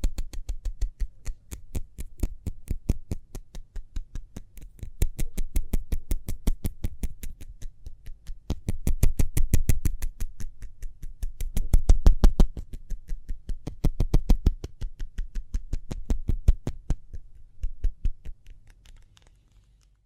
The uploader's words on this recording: ASMR Speedy Hand Sounds (No Talking).